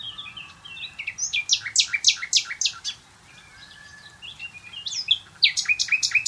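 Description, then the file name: Common nightingale song of loud, evenly repeated sharp notes, a quieter stretch of soft twitters, then another rapid series of ringing notes. "Luscinia megarhynchos"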